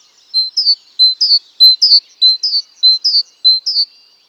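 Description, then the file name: Great tit song, a steady repeated two-part phrase of a flat whistle then a sliding double note, about six phrases at an even pace. "Parus major"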